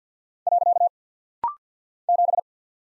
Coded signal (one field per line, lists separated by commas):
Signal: Morse code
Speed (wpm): 49 wpm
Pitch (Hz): 700 Hz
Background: none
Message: . 7